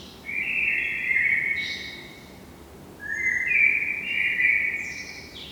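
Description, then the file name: Common blackbird song: two mellow fluted phrases, each with thin, higher notes, separated by a short pause; faint background hiss. "Turdus merula"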